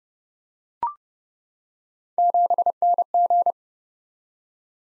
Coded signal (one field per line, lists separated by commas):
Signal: Morse code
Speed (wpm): 28 wpm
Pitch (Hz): 700 Hz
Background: none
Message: 7NG